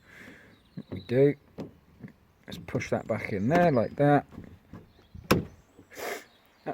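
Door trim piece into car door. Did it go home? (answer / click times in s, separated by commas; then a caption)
yes / 5.3 s. A door trim piece on a Ford Mondeo ST is pushed back into its mounting on the car door by hand while someone talks. A single sharp click sounds at 5.3 s as the trim piece seats in place.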